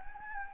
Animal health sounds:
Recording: mosquito wingbeat signal from an infrared sensor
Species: Anopheles gambiae

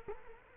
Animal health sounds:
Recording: mosquito wingbeat signal from an infrared sensor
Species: Culex quinquefasciatus

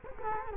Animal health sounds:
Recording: mosquito wingbeat signal from an infrared sensor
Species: Culex quinquefasciatus

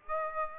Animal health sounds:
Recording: mosquito wingbeat signal from an infrared sensor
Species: Aedes aegypti

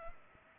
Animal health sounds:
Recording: mosquito wingbeat signal from an infrared sensor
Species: Culex pipiens

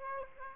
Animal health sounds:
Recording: mosquito wingbeat signal from an infrared sensor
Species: Aedes aegypti

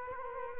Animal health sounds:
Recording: mosquito wingbeat signal from an infrared sensor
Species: Culex quinquefasciatus

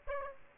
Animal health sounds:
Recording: mosquito wingbeat signal from an infrared sensor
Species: Aedes aegypti

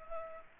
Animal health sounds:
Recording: mosquito wingbeat signal from an infrared sensor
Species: Culex pipiens

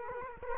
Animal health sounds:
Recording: mosquito wingbeat signal from an infrared sensor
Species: Culex quinquefasciatus

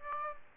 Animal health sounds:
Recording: mosquito wingbeat signal from an infrared sensor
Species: Aedes aegypti

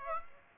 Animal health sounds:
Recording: mosquito wingbeat signal from an infrared sensor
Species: Aedes aegypti

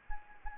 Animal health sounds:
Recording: mosquito wingbeat signal from an infrared sensor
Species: Anopheles gambiae

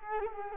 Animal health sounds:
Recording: mosquito wingbeat signal from an infrared sensor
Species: Culex quinquefasciatus

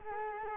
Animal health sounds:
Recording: mosquito wingbeat signal from an infrared sensor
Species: Culex quinquefasciatus

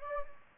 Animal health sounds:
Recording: mosquito wingbeat signal from an infrared sensor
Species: Anopheles gambiae

